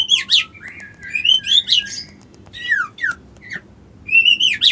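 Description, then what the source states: White-eye song: sweet, high warbled phrases of slurred rising and falling whistles, delivered in quick bursts with short pauses. Song style called ngerol ngalas.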